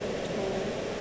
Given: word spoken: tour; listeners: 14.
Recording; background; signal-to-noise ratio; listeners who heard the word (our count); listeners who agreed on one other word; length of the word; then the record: one English word in noise, from a listening test; speech-shaped noise; -4.7 dB; 0 of 14; 12 of 14; 0.61 s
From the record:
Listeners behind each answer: 12, 1, 1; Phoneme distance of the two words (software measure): 7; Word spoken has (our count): 1 syllable, 2 phonemes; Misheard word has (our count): 1 syllable, 3 phonemes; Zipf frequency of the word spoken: 4.76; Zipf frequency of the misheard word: 4.51